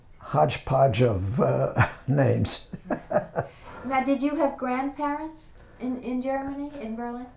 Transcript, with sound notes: hodge podge of names. (he laughs)
Now did you have grandparents in, in Germany, in Berlin?